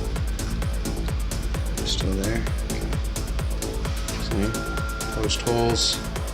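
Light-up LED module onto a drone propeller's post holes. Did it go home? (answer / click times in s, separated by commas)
no / none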